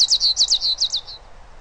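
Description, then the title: Bird song, a fast series of high, sharp chirped notes in quick succession for about a second, fading at the end over faint background hiss. "LuckyPassaro Completos2Sama"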